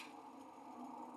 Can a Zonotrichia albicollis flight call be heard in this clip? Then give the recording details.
no. No flight call is heard. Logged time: 03:33 on 5 December 2014